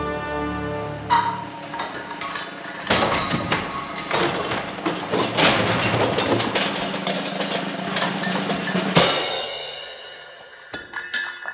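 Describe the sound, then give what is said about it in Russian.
A loud, drawn-out metallic crash as an old suit of knight's armour standing in a hall topples to the floor at night, with dense clattering and banging for several seconds, then a fading rattle and a few last clinks. “Бросившись вниз, они обнаружили, что стоявшие там старинные рыцарские доспехи свалились на пол”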